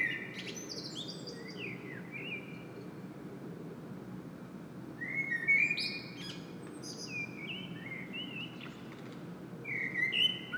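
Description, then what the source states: Common blackbird singing mellow fluted phrases that end in thin squeaky twitters, one near the middle and another at the end, over a steady low rumble. Blackbird singing in Saint-Gilles, Belgium; recorded with a Sony PCM-M10 internal microphone.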